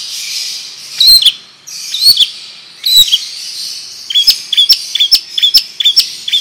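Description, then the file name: Long-tailed shrike singing, harsh rasping phrases with sliding whistles, then a quick series of clipped, repeated high notes with clicks between them. Long rolling song style (ngerol panjang); bird singing vigorously (gacor). "Burung Cendet Ngerol Panjang Gacor"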